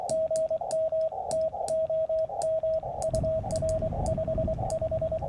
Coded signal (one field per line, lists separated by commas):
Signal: Morse code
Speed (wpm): 23 wpm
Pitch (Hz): 640 Hz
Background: radio noise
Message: GM TOM UR55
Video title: Challenger OCF Vertical Halfwave: Better than POTA Performer?